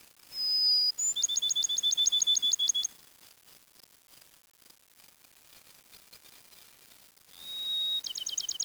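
Bird song: a pure whistle leading into a rapid series of high, crisp repeated notes, then a pause before a similar phrase starts again at the end.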